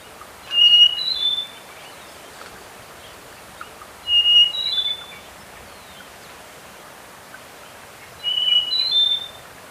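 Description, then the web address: Slaty-backed nightingale-thrush song: short phrases of two or three clear, high whistled notes, repeated about every four seconds, with a faint hiss behind. Ecuador. "Birds of Ecuador. Slaty-backed Nightingale-Thrush"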